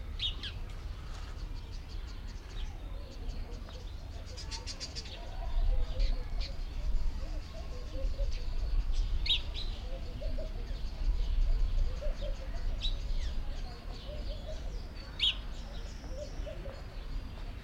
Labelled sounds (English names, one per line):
Southern Red Bishop call